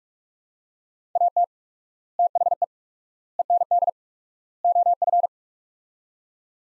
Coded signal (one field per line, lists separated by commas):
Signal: Morse code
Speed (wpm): 42 wpm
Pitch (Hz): 700 Hz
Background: none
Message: AT THE END OF